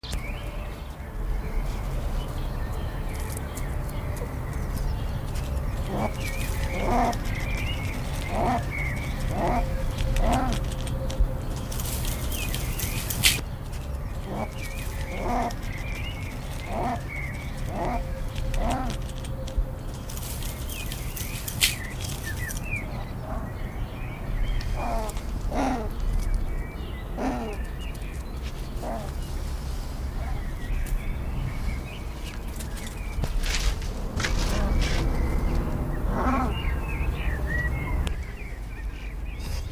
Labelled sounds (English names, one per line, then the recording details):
Yellow Mongoose call
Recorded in captivity
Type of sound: call
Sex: pair
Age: adult
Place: Zoo Halle, Sachsen-Anhalt, DE
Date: 1998-04-16 16:34
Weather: overcast, ca. 12°C
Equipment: Sony MD-WM MZ-R3, Sennheiser MKH 416 T, Kopie Uher 4000 Report Monitor
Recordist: Tembrock, Günter
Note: Paar: Kurzlaute, Entfernung 50 cm